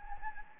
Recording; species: mosquito wingbeat signal from an infrared sensor; Anopheles gambiae